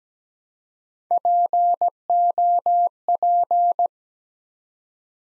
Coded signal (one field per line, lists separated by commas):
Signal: Morse code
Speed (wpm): 17 wpm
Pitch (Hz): 700 Hz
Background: none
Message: POP